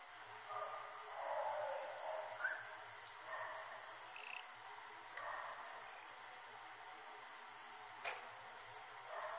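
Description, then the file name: Asian grass frog calls: faint raspy bursts repeating at intervals over a steady hiss, with a sharp click near the end. "rana limnocharis yannick dauby gruenrekorder"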